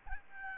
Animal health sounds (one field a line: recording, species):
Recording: mosquito wingbeat signal from an infrared sensor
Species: Aedes albopictus